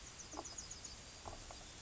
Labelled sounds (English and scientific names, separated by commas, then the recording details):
Yellowhammer (Emberiza citrinella) song
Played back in grassland
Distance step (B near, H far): F
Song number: 162